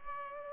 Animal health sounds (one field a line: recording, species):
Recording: mosquito wingbeat signal from an infrared sensor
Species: Culex pipiens